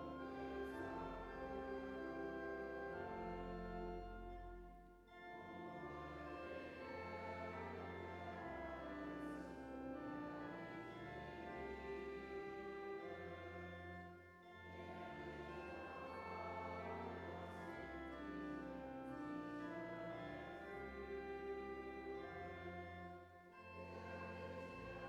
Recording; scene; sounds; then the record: everyday scene through a hearing-aid microphone; reverberant space; music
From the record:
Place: church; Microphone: behind the ear, right, rear